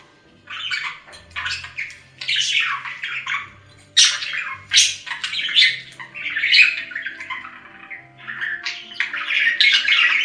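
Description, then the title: Budgerigar chatter: rapid scratchy squawks and chirping warbles in dense bursts after a quiet start. "Budgie Sounds"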